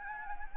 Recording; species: mosquito wingbeat signal from an infrared sensor; Anopheles gambiae